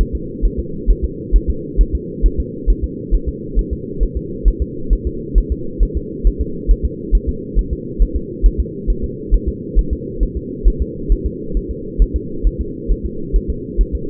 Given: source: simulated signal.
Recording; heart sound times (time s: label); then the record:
fetal heart sounds
0.01 s: S1
0.15 s: S2
0.45 s: S1
0.59 s: S2
0.90 s: S1
1.04 s: S2
1.36 s: S1
1.50 s: S2
1.81 s: S1
1.95 s: S2
2.26 s: S1
2.40 s: S2
2.70 s: S1
2.84 s: S2
3.14 s: S1
3.29 s: S2
3.59 s: S1
3.73 s: S2
4.03 s: S1
4.17 s: S2
4.48 s: S1
4.62 s: S2
4.93 s: S1
5.07 s: S2
5.38 s: S1
5.52 s: S2
5.83 s: S1
5.97 s: S2
6.27 s: S1
6.41 s: S2
6.71 s: S1
6.85 s: S2
7.15 s: S1
7.29 s: S2
7.59 s: S1
7.73 s: S2
8.02 s: S1
8.16 s: S2
8.46 s: S1
8.60 s: S2
8.90 s: S1
9.04 s: S2
9.34 s: S1
9.48 s: S2
9.79 s: S1
9.93 s: S2
10.23 s: S1
10.37 s: S2
10.68 s: S1
10.82 s: S2
11.12 s: S1
11.26 s: S2
11.57 s: S1
11.71 s: S2
12.02 s: S1
12.16 s: S2
12.47 s: S1
12.61 s: S2
12.91 s: S1
13.06 s: S2
13.36 s: S1
13.50 s: S2
13.81 s: S1
13.95 s: S2
From the record:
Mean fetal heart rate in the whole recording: 135 bpm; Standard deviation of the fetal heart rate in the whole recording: 3 bpm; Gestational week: 36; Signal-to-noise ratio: -4.3 dB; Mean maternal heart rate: 72 bpm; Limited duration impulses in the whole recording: absent